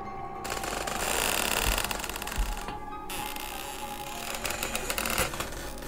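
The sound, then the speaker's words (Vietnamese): Dry, unoiled wooden door hinges creak in a long, raspy, grinding stretch as the main room door of a rickety wooden house is pulled shut. The creak has a dense ticking, stuttering texture that swells and drops over several seconds. Fairly loud, with no voices. “Cánh cửa gỗ của ngôi nhà ọp ẹp, tiếng bản lề khô dầu vang lên những tiếng kèn kẹt kèn kẹt.”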